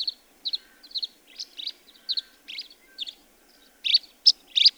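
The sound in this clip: Bird chirps, high and sharp, given in an irregular series, growing louder toward the end.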